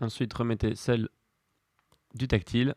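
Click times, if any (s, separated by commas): 1.8 s, 1.9 s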